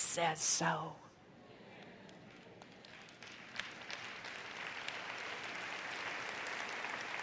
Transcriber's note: applause